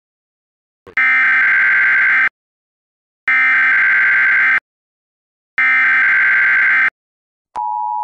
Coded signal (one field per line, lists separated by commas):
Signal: Emergency Alert System (SAME) tones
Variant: header bursts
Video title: EAS Scenario: Ready Set Learn